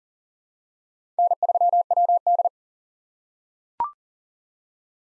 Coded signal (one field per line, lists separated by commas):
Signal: Morse code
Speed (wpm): 40 wpm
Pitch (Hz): 700 Hz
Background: none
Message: N3WD